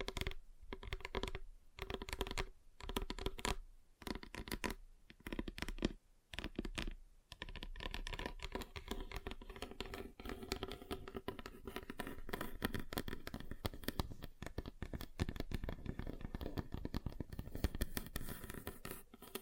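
Fingers tap on a tabletop in quick, dense clusters, like rapid typing. For the first seven seconds the taps come in short bursts separated by brief silences. After that they run together into a continuous, slightly brighter patter that lasts to the end.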